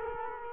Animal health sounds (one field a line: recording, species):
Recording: mosquito wingbeat signal from an infrared sensor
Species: Culex quinquefasciatus